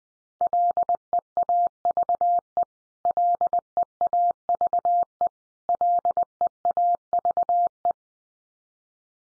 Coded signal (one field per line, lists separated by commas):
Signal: Morse code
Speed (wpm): 19 wpm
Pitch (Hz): 700 Hz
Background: none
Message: LEAVE LEAVE LEAVE